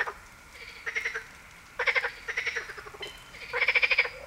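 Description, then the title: Marsh frog calls in short rattling bursts of rapid pulses, several separate laughing phrases spaced throughout over a quiet background. Heviz, Hungary. "Heviz, Grenouille rieuse"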